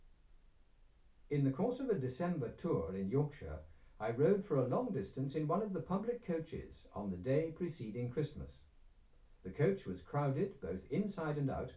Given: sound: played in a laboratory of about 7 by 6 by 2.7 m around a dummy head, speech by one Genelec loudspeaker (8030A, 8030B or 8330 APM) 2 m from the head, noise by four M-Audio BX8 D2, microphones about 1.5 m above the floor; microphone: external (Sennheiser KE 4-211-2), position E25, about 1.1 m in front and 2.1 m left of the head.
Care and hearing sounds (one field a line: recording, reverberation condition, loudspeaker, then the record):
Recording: male speech in English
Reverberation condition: low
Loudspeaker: 120 degrees to the left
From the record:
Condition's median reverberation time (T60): about 310 ms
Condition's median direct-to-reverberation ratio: about 3.5 dB